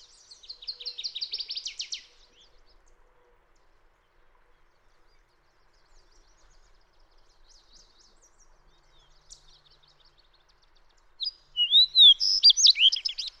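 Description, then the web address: Fox sparrow song of bright whistled, slurred notes near the end, preceded by a separate buzzy, rapid trill and a long quiet gap with faint chirps. "birdsongforthecurious Fox Sparrow"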